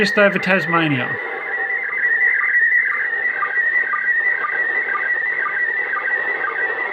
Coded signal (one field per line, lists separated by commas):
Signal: SSTV (slow-scan television)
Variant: PD 120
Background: speech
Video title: ISS SSTV HAM RADIO SIGNAL ON 145.800 MHZ